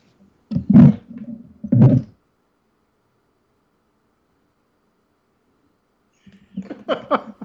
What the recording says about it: Went to her corner and has been sleeping since. I can hear her snoring.